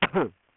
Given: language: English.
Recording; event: throat vibration sensor signal played as sound; cough